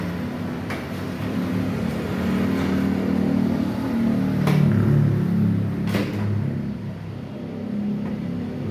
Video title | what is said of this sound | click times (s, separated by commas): Como consertar lava e seca fazendo barulho. vídeo - 02 | aqui encaixou, essa daqui não encaixou. | 0.7 s, 4.5 s